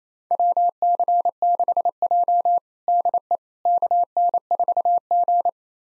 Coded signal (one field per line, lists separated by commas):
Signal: Morse code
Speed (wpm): 28 wpm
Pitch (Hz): 700 Hz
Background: none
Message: WC6J DE KN4G